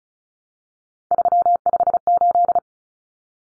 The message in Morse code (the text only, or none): 358